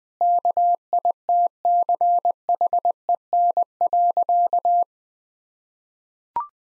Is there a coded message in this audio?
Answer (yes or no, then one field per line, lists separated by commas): yes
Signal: Morse code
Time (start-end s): 0.2-4.8 s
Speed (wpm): 20 wpm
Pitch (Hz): 700 Hz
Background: none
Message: KITCHEN.